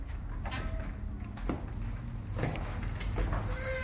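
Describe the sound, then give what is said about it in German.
A door is pushed open with a few dull knocks and thin, high creaking squeaks, over a steady low rumble with no voices. “Die Tür ist offen.”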